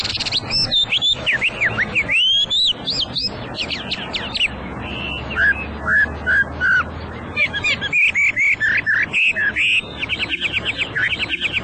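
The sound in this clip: Hwamei song with loud, rich whistled phrases, sweeping and slurred notes, a run of repeated descending whistles, then quick bubbling series.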